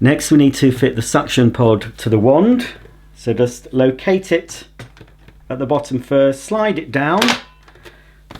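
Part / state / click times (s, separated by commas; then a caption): vacuum suction pod onto wand / seated / 8.3 s. Someone talks while the suction pod of a Shark Anti Hair Wrap NZ850UKT vacuum cleaner with Powered Lift-Away is located at the bottom of the wand and slid down onto it. A sharp click at 8.3 s marks the pod latching, showing it is properly inserted and seated on the wand.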